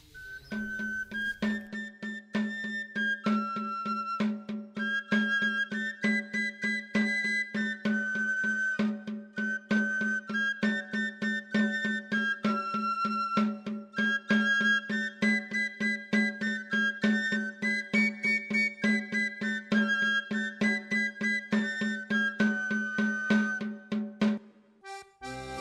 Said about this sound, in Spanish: Después de Baraka, pues vamos a la segunda parte de nuestro programa, dedicada hoy, como ya sabéis, a la flauta de tres agujeros, o llamado en Cantabria el silbu, el pito, el tamboril, etc.